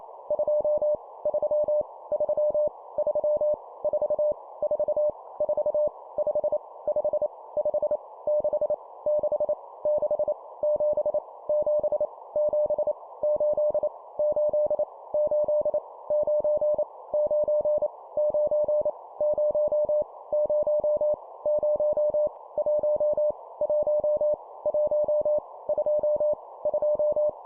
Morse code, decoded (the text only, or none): 2 3 3 3 4 4 4 5 5 5 6 6 6 7 7 7 8 8 8 9 9 9 0 0 0 1 1 1 2 2